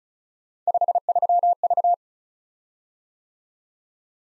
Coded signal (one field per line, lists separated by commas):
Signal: Morse code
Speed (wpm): 36 wpm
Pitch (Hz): 700 Hz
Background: none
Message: 53V